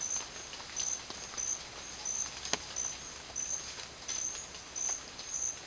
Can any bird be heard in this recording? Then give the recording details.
no. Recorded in secondary vegetation near Puerto Asís, Putumayo, Colombia, on 30 June 2025 at 12:30. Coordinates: 0.499, -76.323. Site G077